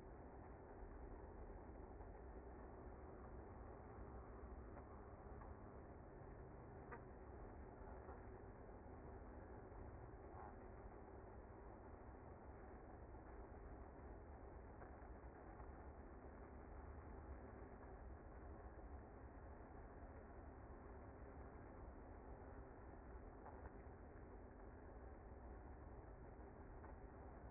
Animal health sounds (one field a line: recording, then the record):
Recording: honeybee colony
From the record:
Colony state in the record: active